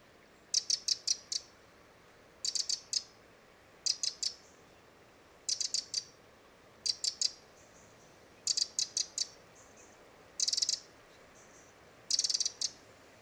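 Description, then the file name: Eurasian wren scolding: rapid clusters of sharp high ticks, several per burst, repeated steadily every couple of seconds, one denser rattle mixed in. "Troglodytes troglodytes"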